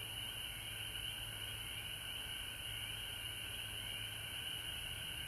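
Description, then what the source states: Many frogs trilling at once, a steady, piercing high drone with a fainter lower band, no pauses across the stretch. Frogs recorded at home in Georgia on March 19, 2020.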